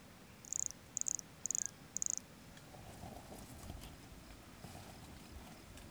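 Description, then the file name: Brachycephalus sulfuratus giving four brief high-pitched buzzy notes spaced roughly half a second apart, followed by faint rustling background noise. Recorded near Jurupara dam on 29 September 2016; calling individual vouchered as specimen MHNCI 10791 or 10792. "Brachycephalus sulfuratus near Jurupara dam 29 set 2016 MRBornschein"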